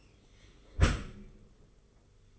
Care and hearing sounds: daily activity, microphone in the room; close dishwasher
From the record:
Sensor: 4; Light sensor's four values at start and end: 22/73/27/28 and 22/73/27/28

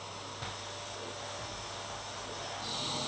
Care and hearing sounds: daily activity, microphone in the room; vacuum cleaning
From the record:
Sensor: 3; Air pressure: 1007.7 hPa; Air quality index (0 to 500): 49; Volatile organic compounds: 1 ppm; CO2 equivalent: 576 ppm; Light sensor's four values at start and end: 9/21/9/9 and 9/21/9/9

